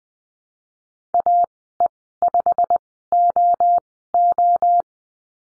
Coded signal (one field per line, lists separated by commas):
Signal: Morse code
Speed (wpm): 20 wpm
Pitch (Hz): 700 Hz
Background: none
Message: AE5OO